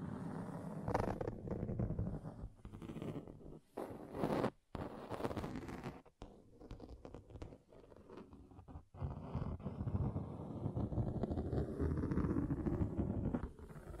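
Rough, continuous scratching across a table, dense and low-toned, broken by brief pauses near four, six and nine seconds before growing louder.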